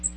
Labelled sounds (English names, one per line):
Magnolia Warbler flight call